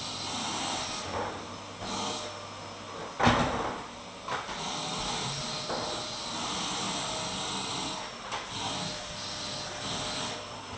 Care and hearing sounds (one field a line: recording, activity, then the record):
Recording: daily activity, microphone in the room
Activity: vacuum cleaning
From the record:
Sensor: 3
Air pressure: 995.2 hPa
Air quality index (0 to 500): 68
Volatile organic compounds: 4 ppm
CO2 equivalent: 1538 ppm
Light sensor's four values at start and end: 18/53/22/19 and 18/52/22/19